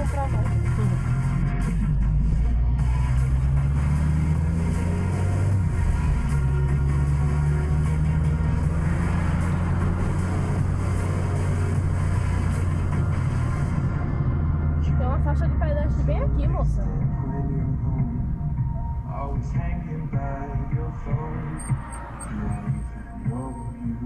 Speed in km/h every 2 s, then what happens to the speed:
13, 17, 28, 39, 59, 60, 56, 43, 27, 10, 0, 0.
0-10 speeds up to 60. 10-20 brakes to 0. 20-24 standing.